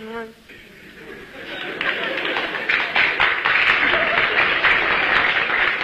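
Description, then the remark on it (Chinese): A small audience breaks into scattered applause that swells into a steady patter of clapping, with a brief voiced note at the start and light crowd murmur underneath; the few people clapping are southerners. “那这鼓掌的人不多呀，鼓掌的人都是南方人 啊， 北方人他还是没听懂。”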